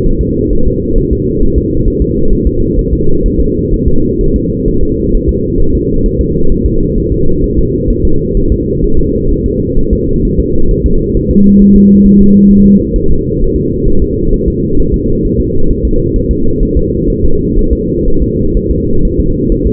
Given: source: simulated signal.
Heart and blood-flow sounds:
fetal heart sounds
0.06 s: S1
0.21 s: S2
0.53 s: S1
0.67 s: S2
0.98 s: S1
1.13 s: S2
1.43 s: S1
1.58 s: S2
1.88 s: S1
2.02 s: S2
2.33 s: S1
2.47 s: S2
2.79 s: S1
2.93 s: S2
3.26 s: S1
3.40 s: S2
3.74 s: S1
3.88 s: S2
4.21 s: S1
4.36 s: S2
4.68 s: S1
4.83 s: S2
5.15 s: S1
5.29 s: S2
5.60 s: S1
5.75 s: S2
6.06 s: S1
6.21 s: S2
6.52 s: S1
6.66 s: S2
6.98 s: S1
7.12 s: S2
7.44 s: S1
7.59 s: S2
7.91 s: S1
8.05 s: S2
8.37 s: S1
8.52 s: S2
8.84 s: S1
8.99 s: S2
9.31 s: S1
9.46 s: S2
9.78 s: S1
9.93 s: S2
10.25 s: S1
10.40 s: S2
10.71 s: S1
10.86 s: S2
11.17 s: S1
11.31 s: S2
11.62 s: S1
11.76 s: S2
12.06 s: S1
12.21 s: S2
12.51 s: S1
12.66 s: S2
12.96 s: S1
13.11 s: S2
13.42 s: S1
13.56 s: S2
13.88 s: S1
14.02 s: S2
14.34 s: S1
14.48 s: S2
14.79 s: S1
14.94 s: S2
15.25 s: S1
15.40 s: S2
15.71 s: S1
15.85 s: S2
16.16 s: S1
16.31 s: S2
16.63 s: S1
16.77 s: S2
17.10 s: S1
17.25 s: S2
17.59 s: S1
17.73 s: S2
18.08 s: S1
18.22 s: S2
18.57 s: S1
18.71 s: S2
19.05 s: S1
19.20 s: S2
19.52 s: S1
19.67 s: S2
From the record:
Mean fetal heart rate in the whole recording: 130 bpm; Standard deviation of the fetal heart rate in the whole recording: 4 bpm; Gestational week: 38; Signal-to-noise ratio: -19.1 dB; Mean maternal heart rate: 72 bpm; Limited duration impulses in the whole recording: present

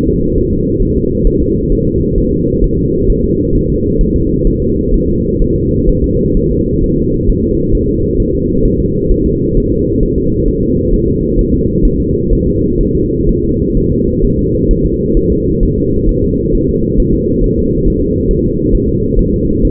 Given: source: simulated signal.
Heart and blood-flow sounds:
fetal heart sounds
0.08 s: S2
0.38 s: S1
0.53 s: S2
0.83 s: S1
0.97 s: S2
1.27 s: S1
1.42 s: S2
1.72 s: S1
1.87 s: S2
2.18 s: S1
2.33 s: S2
2.64 s: S1
2.79 s: S2
3.10 s: S1
3.24 s: S2
3.55 s: S1
3.70 s: S2
4.01 s: S1
4.16 s: S2
4.47 s: S1
4.62 s: S2
4.94 s: S1
5.09 s: S2
5.42 s: S1
5.56 s: S2
5.89 s: S1
6.04 s: S2
6.37 s: S1
6.52 s: S2
6.84 s: S1
6.98 s: S2
7.29 s: S1
7.44 s: S2
7.75 s: S1
7.89 s: S2
8.20 s: S1
8.35 s: S2
8.65 s: S1
8.80 s: S2
9.11 s: S1
9.26 s: S2
9.57 s: S1
9.72 s: S2
10.03 s: S1
10.18 s: S2
10.48 s: S1
10.63 s: S2
10.94 s: S1
11.08 s: S2
11.39 s: S1
11.54 s: S2
11.85 s: S1
12.00 s: S2
12.32 s: S1
12.47 s: S2
12.81 s: S1
12.95 s: S2
13.29 s: S1
13.44 s: S2
13.77 s: S1
13.92 s: S2
14.25 s: S1
14.39 s: S2
14.71 s: S1
14.86 s: S2
15.17 s: S1
15.32 s: S2
15.63 s: S1
15.78 s: S2
16.09 s: S1
16.24 s: S2
16.55 s: S1
16.69 s: S2
17.00 s: S1
17.14 s: S2
17.44 s: S1
17.59 s: S2
17.88 s: S1
18.02 s: S2
18.31 s: S1
18.46 s: S2
18.75 s: S1
18.89 s: S2
19.19 s: S1
19.34 s: S2
19.65 s: S1
From the record:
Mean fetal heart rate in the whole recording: 130 bpm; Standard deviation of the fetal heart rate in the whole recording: 4 bpm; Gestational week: 38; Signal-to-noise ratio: -14.7 dB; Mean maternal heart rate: 72 bpm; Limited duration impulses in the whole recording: present

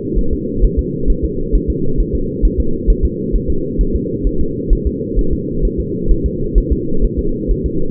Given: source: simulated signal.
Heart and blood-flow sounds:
fetal heart sounds
0.19 s: S1
0.33 s: S2
0.64 s: S1
0.79 s: S2
1.10 s: S1
1.25 s: S2
1.55 s: S1
1.70 s: S2
2.00 s: S1
2.15 s: S2
2.45 s: S1
2.60 s: S2
2.90 s: S1
3.05 s: S2
3.35 s: S1
3.50 s: S2
3.81 s: S1
3.95 s: S2
4.27 s: S1
4.41 s: S2
4.73 s: S1
4.87 s: S2
5.19 s: S1
5.33 s: S2
5.65 s: S1
5.80 s: S2
6.11 s: S1
6.26 s: S2
6.58 s: S1
6.72 s: S2
7.05 s: S1
7.19 s: S2
7.51 s: S1
7.66 s: S2
From the record:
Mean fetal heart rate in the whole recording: 130 bpm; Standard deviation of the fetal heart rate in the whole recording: 2 bpm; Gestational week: 36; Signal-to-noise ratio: -8.1 dB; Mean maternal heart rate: 72 bpm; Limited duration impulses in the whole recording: absent

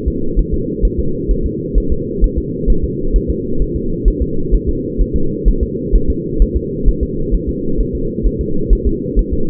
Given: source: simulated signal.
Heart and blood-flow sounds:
fetal heart sounds
0.08 s: S2
0.39 s: S1
0.54 s: S2
0.85 s: S1
0.99 s: S2
1.31 s: S1
1.46 s: S2
1.78 s: S1
1.92 s: S2
2.24 s: S1
2.38 s: S2
2.70 s: S1
2.84 s: S2
3.16 s: S1
3.30 s: S2
3.62 s: S1
3.76 s: S2
4.08 s: S1
4.22 s: S2
4.54 s: S1
4.69 s: S2
5.01 s: S1
5.16 s: S2
5.48 s: S1
5.63 s: S2
5.95 s: S1
6.10 s: S2
6.42 s: S1
6.56 s: S2
6.88 s: S1
7.03 s: S2
7.34 s: S1
7.49 s: S2
7.80 s: S1
7.95 s: S2
8.26 s: S1
8.41 s: S2
8.73 s: S1
8.87 s: S2
9.19 s: S1
9.33 s: S2
From the record:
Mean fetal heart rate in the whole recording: 130 bpm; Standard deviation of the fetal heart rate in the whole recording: 2 bpm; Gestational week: 36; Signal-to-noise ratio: -8.1 dB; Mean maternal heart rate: 72 bpm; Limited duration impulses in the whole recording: absent

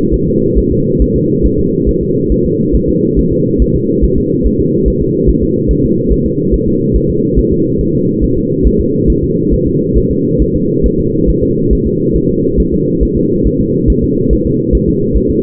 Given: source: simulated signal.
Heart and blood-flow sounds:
fetal heart sounds
0.14 s: S1
0.28 s: S2
0.58 s: S1
0.72 s: S2
1.02 s: S1
1.16 s: S2
1.46 s: S1
1.59 s: S2
1.89 s: S1
2.03 s: S2
2.32 s: S1
2.46 s: S2
2.75 s: S1
2.89 s: S2
3.19 s: S1
3.33 s: S2
3.62 s: S1
3.76 s: S2
4.04 s: S1
4.18 s: S2
4.47 s: S1
4.60 s: S2
4.88 s: S1
5.02 s: S2
5.30 s: S1
5.43 s: S2
5.71 s: S1
5.85 s: S2
6.12 s: S1
6.26 s: S2
6.54 s: S1
6.68 s: S2
6.96 s: S1
7.10 s: S2
7.39 s: S1
7.52 s: S2
7.81 s: S1
7.95 s: S2
8.24 s: S1
8.38 s: S2
8.67 s: S1
8.80 s: S2
9.10 s: S1
9.24 s: S2
9.54 s: S1
9.67 s: S2
9.98 s: S1
10.11 s: S2
10.42 s: S1
10.56 s: S2
10.86 s: S1
11.00 s: S2
11.30 s: S1
11.43 s: S2
11.73 s: S1
11.87 s: S2
12.16 s: S1
12.30 s: S2
12.60 s: S1
12.73 s: S2
13.03 s: S1
13.17 s: S2
13.47 s: S1
13.60 s: S2
13.90 s: S1
14.04 s: S2
14.33 s: S1
14.46 s: S2
14.75 s: S1
14.89 s: S2
15.17 s: S1
15.30 s: S2
From the record:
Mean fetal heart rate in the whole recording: 140 bpm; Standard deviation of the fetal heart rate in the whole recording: 2 bpm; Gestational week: 34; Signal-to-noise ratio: -11.2 dB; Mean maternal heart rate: 72 bpm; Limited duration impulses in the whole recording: present

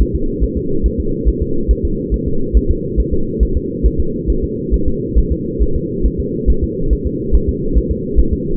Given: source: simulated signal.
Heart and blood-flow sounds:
fetal heart sounds
0.01 s: S1
0.15 s: S2
0.44 s: S1
0.57 s: S2
0.86 s: S1
1.00 s: S2
1.28 s: S1
1.42 s: S2
1.71 s: S1
1.85 s: S2
2.14 s: S1
2.28 s: S2
2.57 s: S1
2.71 s: S2
3.00 s: S1
3.13 s: S2
3.43 s: S1
3.57 s: S2
3.86 s: S1
4.00 s: S2
4.30 s: S1
4.44 s: S2
4.74 s: S1
4.88 s: S2
5.18 s: S1
5.32 s: S2
5.62 s: S1
5.76 s: S2
6.06 s: S1
6.20 s: S2
6.50 s: S1
6.64 s: S2
6.93 s: S1
7.07 s: S2
7.35 s: S1
7.49 s: S2
7.78 s: S1
7.91 s: S2
8.19 s: S1
8.33 s: S2
From the record:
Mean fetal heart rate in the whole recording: 140 bpm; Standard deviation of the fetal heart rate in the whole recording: 2 bpm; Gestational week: 34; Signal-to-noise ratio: -8.1 dB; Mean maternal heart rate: 72 bpm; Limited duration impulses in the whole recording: absent

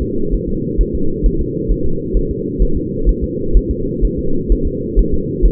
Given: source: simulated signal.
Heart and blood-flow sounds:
fetal heart sounds
0.02 s: S2
0.34 s: S1
0.49 s: S2
0.81 s: S1
0.95 s: S2
1.26 s: S1
1.41 s: S2
1.71 s: S1
1.86 s: S2
2.17 s: S1
2.31 s: S2
2.62 s: S1
2.77 s: S2
3.09 s: S1
3.24 s: S2
3.57 s: S1
3.71 s: S2
4.05 s: S1
4.19 s: S2
4.52 s: S1
4.67 s: S2
4.99 s: S1
5.14 s: S2
5.45 s: S1
From the record:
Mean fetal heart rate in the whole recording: 130 bpm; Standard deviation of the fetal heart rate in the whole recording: 2 bpm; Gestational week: 36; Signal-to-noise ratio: -8.1 dB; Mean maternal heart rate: 72 bpm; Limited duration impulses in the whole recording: absent

